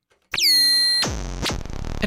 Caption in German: Die Stadt setzt nämlich Ultraschallgeräte ein, um Vandalismus zu stoppen. Etwa so hört sich der Piepton für die Jugendlichen an. Es ist ein Hochfrequenzton, den nur junge Menschen etwa bis Mitte 20 hören können. Der Störgeräuschsender, so heißt das Gerät, hängt in der Ecke des Schulhofs. Von 8 Uhr abends bis morgens um 5 ist das Gerät scharf gestellt.